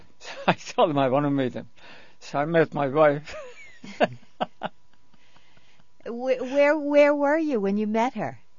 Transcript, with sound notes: So I told him I want to meet them. So I met my wife. ( he laughs )
Where, where were you when you met her?